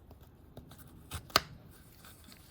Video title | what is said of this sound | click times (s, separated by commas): Mercedes w203 gearbox multiplug housing leaking oil removal and replacement | and it will lock into place | 1.4 s